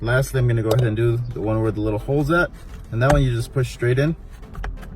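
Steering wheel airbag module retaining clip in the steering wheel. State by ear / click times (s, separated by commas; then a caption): released / 4.6 s. Someone talks while a tool is pushed straight into the last hole of a 2020 Nissan Altima, Kicks, Rogue or Sentra steering wheel to release the final airbag module retaining clip. A sharp click at 4.6 s marks the clip popping out, and it is released.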